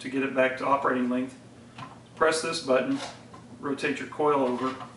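Someone talks while handling the folding hinge joint of a metal detector shaft, pressing the release button and rotating the coil over to unfold the shaft back to operating length. Faint handling noises sit under the speech, with no sharp click. The shaft has not yet locked straight and nothing has seated or clicked yet.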